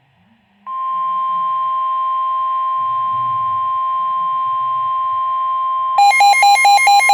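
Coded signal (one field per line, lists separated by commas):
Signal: Emergency Alert System (SAME) tones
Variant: 1050 Hz attention tone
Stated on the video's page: Real alerts captured off the air, including a Flash Flood Warning.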